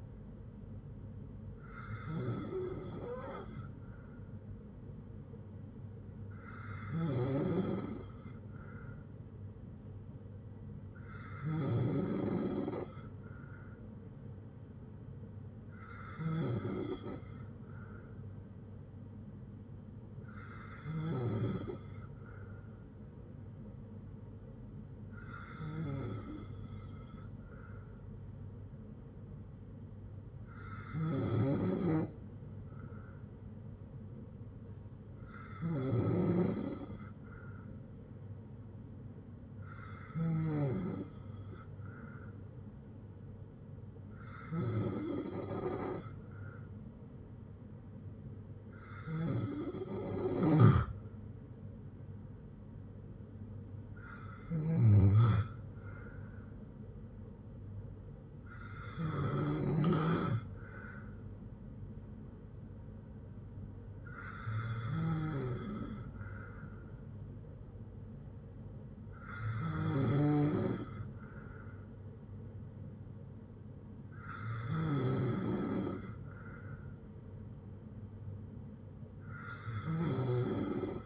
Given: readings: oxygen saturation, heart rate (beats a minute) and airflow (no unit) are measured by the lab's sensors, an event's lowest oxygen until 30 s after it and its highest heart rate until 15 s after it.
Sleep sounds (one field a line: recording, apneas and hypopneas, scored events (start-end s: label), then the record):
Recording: breathing in sleep by a smartphone at the bedside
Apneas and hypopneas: none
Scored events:
49.00-81.06 s: new sleep stage, N3 (deep sleep)
From the record:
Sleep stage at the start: N2 (light sleep)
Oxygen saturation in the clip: 93 to 95%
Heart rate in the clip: 58 to 72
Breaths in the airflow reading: 16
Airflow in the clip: -5.4 to 6.1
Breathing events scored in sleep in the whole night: 182 in 7.4 hours asleep